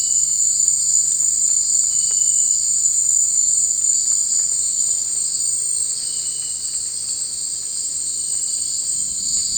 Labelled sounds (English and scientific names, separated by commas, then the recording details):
none
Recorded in dense forest near Puerto Asís, Putumayo, Colombia, on 16 December 2024 at 18:00
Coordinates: 0.468, -76.322
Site G071